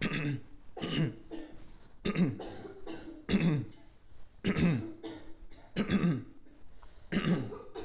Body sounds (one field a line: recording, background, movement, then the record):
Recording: throat clearing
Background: a bystander coughing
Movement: sitting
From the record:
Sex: male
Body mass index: 22.0 kg/m2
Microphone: on the chest, facing outward